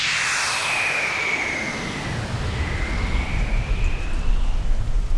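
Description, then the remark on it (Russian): Steady, dense hiss of very heavy rain in a thunderstorm, putting out a tree set on fire by lightning, with a low rumbling that swells toward the end like thunder, and a faint high whine sweeping across the middle. “Но дождь очень сильный, и вода тушит огонь.”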